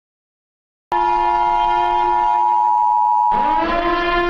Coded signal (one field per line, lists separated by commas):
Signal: Emergency Alert System (SAME) tones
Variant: 853 and 960 Hz attention tone